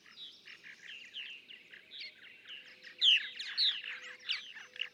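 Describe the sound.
Purple martin song, softer gurgling chatter building to a louder burst of sharp downslurred chirps after three seconds.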